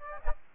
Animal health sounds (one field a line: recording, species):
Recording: mosquito wingbeat signal from an infrared sensor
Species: Aedes aegypti